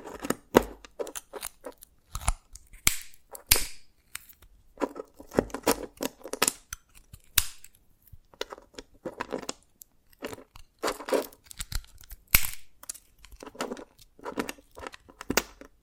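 Dalgona candy is tapped and cracked in frequent crisp snaps and scratchy scrapes, irregular bursts with brief quiet gaps, sharpest clicks near 3 and 12 seconds.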